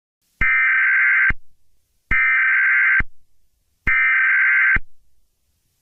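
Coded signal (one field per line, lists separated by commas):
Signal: Emergency Alert System (SAME) tones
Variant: header bursts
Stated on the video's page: Fictional EAS scenario.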